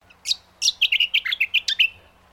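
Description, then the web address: Brown honeyeater calling: a single high chip, then a fast series of about ten clear, loud, varied notes bouncing up and down, over a faint low hum. "Sound Effects-Foundation 1 BIRD BROWN HONEY EATER CALL"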